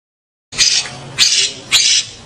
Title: Kicau Burung Cucak Jenggot